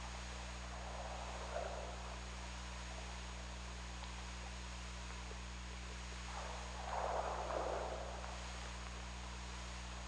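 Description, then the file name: Killer whale calls underwater: a brief muffled call near the second mark, then a louder, longer wavering call around seven seconds, over a steady low hum. OrcaLab hydrophone, 17 February 2018, 21:55. "Orca Lab 20180217 215550"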